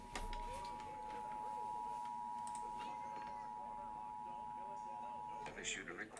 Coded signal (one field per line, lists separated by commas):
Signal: Emergency Alert System (SAME) tones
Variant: 853 and 960 Hz attention tone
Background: speech